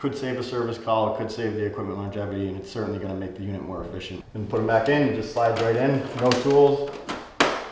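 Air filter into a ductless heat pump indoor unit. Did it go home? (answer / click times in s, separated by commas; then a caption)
yes / 7.4 s. A washable air filter is slid back into the indoor head of a ductless heat pump by hand, without tools, while someone talks. A sharp click at 7.4 s marks the filter seating into place.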